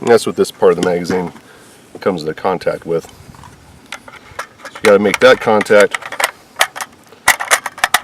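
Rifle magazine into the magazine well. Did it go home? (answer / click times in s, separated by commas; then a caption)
yes / 8.0 s. Someone talks while a detachable Ruger Mini-14 rifle magazine is hooked at the front nub and rocked back into the magazine well, with several light metallic clicks and knocks along the way. The catch engages with a sharp click at 8.0 s, and the magazine is seated.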